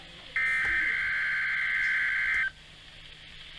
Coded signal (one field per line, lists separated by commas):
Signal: Emergency Alert System (SAME) tones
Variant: header bursts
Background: speech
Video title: requierd weekly test [EAS #13] for my county